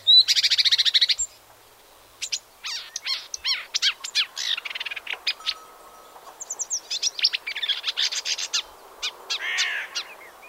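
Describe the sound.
Icterine warbler singing a fast, varied medley: a dense buzzy trill at first, then sliding whistles, clicks and chattering notes in quick succession.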